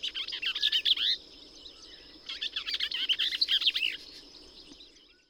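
Bell's vireo song: two fast, slurred, chattering phrases with rising and falling notes, about a second apart.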